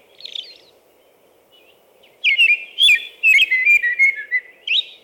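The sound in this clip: American robin: a soft note, pause, then a string of clear whistled phrases rising and falling, ending on an upward slur; low background hum.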